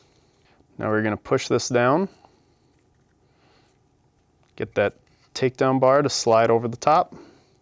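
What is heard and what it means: Someone talks while pressing down the silver takedown spring so the metal takedown lever can slide over it into a Glock 17/19 Gen 3 pistol frame, with faint ticks of handling in the quiet pause. The clip ends before the lever goes home, and nothing has seated or clicked yet.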